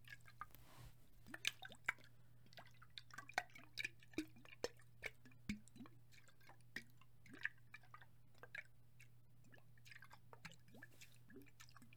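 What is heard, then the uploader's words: Water sloshes in a glass, with quick irregular drips and splashes throughout over a steady low hum in the background. ASMR Liquid Shaking Heaven. Glass water sounds.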